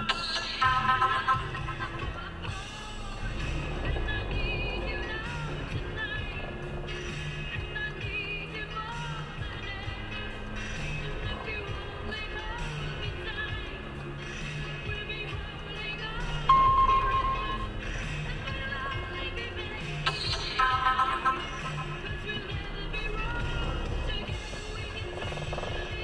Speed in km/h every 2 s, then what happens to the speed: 0, 2, 10, 5, 3, 6, 7, 2, 9, 7, 2, 2, 8.
0-2 standing. 2-4 pulls away to 10. 4-7 slows to 3. 7-17 steady at about 6. 17-20 slows to 2. 20-22 standing.